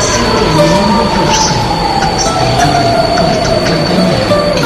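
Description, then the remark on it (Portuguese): A train rolls steadily along the rails with a continuous loud rumble, a thin high-pitched wheel squeal running throughout, and faint metallic clatter underneath. “Sim, os passageiros, um comboio e as cidades.”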